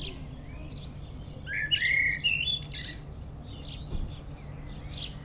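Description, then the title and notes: Common blackbird singing a rich, mellow warbled phrase that ends in squeaky twitters, with scattered high chirps and a low steady hum behind. Singing from a treetop in Châtillon village, Chindrieux, France; Zoom H4n Pro recorder placed vertically on the ground. "Un merle perché au sommet d'un arbre chante dans le village de Châtillon"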